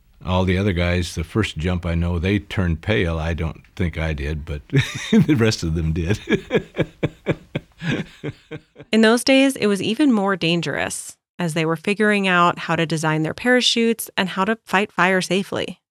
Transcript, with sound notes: All the other guys, the first jump, I know, they turned pale. I don't think I did, [laughing] but the rest of them did.
In those days, it was even more dangerous as they were figuring out how to design their parachutes and how to fight fire safely.